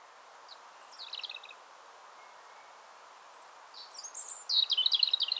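European robin with a faint falling twitter, then a louder rush of piercing high notes ending in a fast buzzy trill, over soft background hiss.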